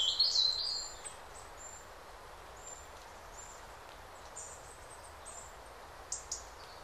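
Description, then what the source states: Bird song, a quick high warbling phrase at the start, followed by scattered thin chirps amid soft steady hiss. Several birds singing in a calm forest during the day.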